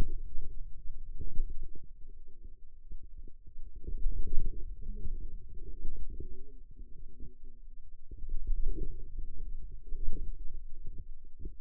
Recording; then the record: forearm muscle sounds (acoustic myography)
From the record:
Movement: wrist extension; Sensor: system 2, bracelet of six BSWA MPA416 microphones around the upper forearm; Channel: 5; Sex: female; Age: 21 years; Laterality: right